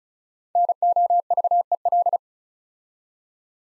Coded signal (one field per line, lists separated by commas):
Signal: Morse code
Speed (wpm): 36 wpm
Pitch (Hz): 700 Hz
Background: none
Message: NOVEL